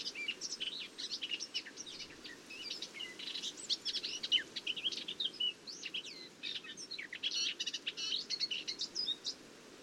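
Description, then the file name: Eurasian blackcap pouring out a fast, jumbled warble of sharp chirps and whistled slurs, continuing throughout with only tiny gaps. "Sylvia atricapilla"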